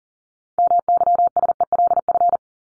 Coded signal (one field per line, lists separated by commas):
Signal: Morse code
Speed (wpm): 40 wpm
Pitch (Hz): 700 Hz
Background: none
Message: MYSELF